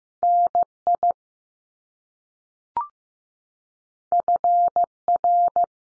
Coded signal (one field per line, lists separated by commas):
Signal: Morse code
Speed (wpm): 15 wpm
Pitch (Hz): 700 Hz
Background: none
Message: N IF R